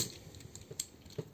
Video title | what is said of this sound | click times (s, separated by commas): Transformers Studio Series Hot Rod Review | these click into place like so | 0.8 s